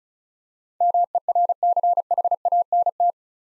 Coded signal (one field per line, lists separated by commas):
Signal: Morse code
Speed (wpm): 33 wpm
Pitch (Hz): 700 Hz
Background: none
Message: MERCHANT